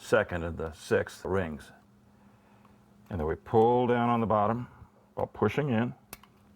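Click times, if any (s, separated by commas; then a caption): 6.1 s. Someone talks while a foot bath array strip and ring assembly for an Aqua Chi foot bath is pushed into its array housing, pulling down on the bottom while pushing in. A sharp click at 6.1 s is heard as the assembly snaps into place, seated.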